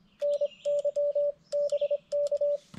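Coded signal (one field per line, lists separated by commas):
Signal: Morse code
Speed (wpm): 23 wpm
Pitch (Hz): 580 Hz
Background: none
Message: NYBK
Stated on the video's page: CW POTA activation from a rare park on 40m and 80m with a Xiegu G90, keyed with a BaMaTech TP-III paddle.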